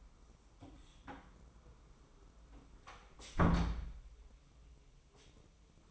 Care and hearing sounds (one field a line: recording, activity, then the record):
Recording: daily activity, microphone in the room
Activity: close door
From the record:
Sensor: 1